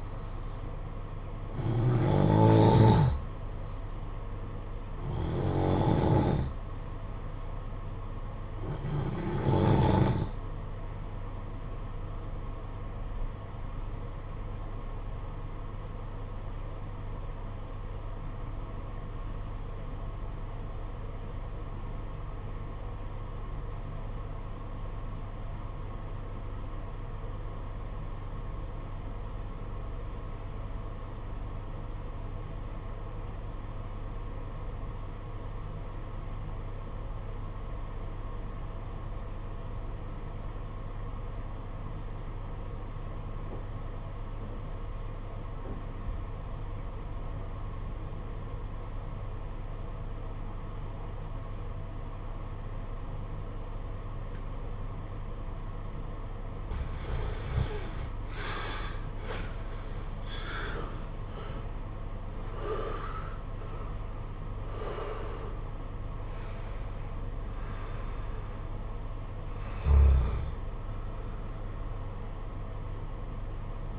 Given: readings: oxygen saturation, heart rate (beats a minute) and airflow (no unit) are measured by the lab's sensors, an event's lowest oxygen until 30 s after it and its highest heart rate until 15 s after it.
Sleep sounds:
breathing in sleep by a smartphone at the bedside; 1
14.00-56.90 s: obstructive apnea (REM, oxygen 94% highest, then 73% lowest, heart rate 54 at the start, 95 highest)
62.00-73.99 s: new sleep stage, N1 (lightest sleep)
From the record:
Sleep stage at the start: REM sleep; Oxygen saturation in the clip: 75 to 94%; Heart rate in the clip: 50 to 95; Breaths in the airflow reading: 9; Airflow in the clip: -8.3 to 13.3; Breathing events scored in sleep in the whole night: 476 in 9.7 hours asleep

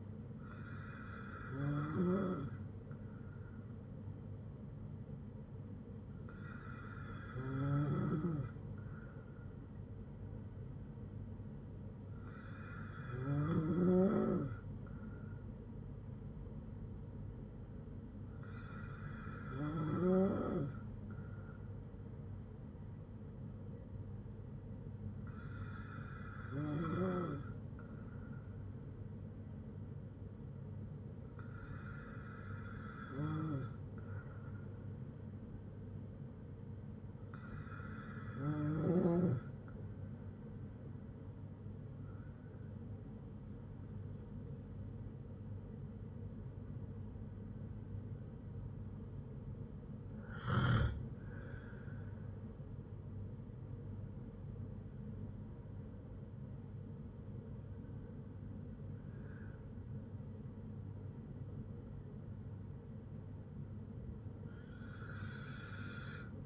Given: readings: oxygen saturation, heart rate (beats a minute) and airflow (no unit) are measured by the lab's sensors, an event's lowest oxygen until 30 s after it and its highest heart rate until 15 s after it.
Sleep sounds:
breathing in sleep by a smartphone at the bedside; none
54.00-66.46 s: new sleep stage, N1 (lightest sleep)
From the record:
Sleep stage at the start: N2 (light sleep); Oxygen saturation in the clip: 94 to 96%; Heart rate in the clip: 55 to 73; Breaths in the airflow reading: 10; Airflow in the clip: -7.3 to 6.7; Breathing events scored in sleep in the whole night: 182 in 7.4 hours asleep

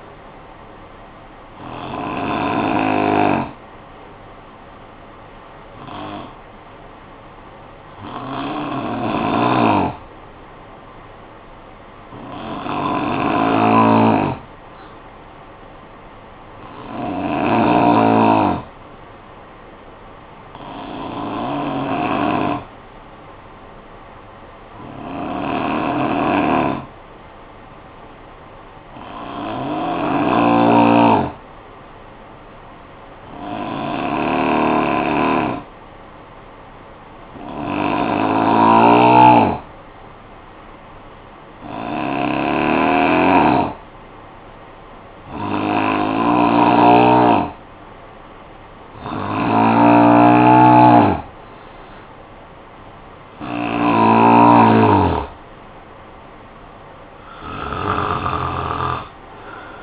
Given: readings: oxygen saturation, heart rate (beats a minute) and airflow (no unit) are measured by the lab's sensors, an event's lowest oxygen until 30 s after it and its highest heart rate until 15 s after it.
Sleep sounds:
breathing in sleep by a voice recorder at the bedside; 1
22.00-51.00 s: hypopnea (N3, oxygen 93% highest, then 87% lowest, heart rate 56 at the start, 65 highest)
From the record:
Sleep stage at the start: N3 (deep sleep); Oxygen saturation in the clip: 83 to 93%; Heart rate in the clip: 52 to 65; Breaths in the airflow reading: 15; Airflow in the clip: -8.2 to 7.6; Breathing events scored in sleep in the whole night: 445 in 7.6 hours asleep

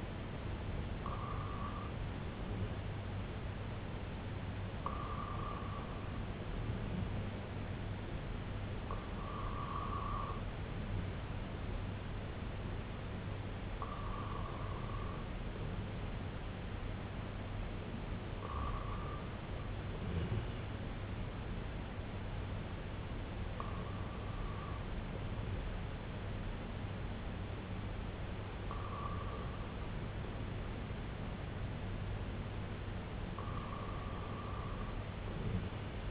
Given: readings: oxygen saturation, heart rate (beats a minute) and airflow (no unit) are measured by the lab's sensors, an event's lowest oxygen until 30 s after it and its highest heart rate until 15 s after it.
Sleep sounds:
breathing in sleep by a voice recorder at the bedside; none
none scored
From the record:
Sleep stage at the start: REM sleep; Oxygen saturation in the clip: 96 to 98%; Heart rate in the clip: 60 to 69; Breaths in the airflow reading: 8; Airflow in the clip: -5.5 to 2.8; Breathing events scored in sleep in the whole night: 258 in 7.4 hours asleep

